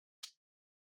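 A guitar pick is run under the front edge of the plastic bottom cover of an ASUS ROG Strix G16 G614JV-AS73 laptop (a 2023 model sold with a 2024 sticker), prying the snap clips free. A single sharp, bright click is heard at 0.2 s, and the bottom cover clip pops loose from the chassis.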